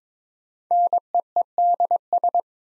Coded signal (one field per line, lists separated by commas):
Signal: Morse code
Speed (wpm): 21 wpm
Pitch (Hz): 700 Hz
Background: none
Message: NEEDS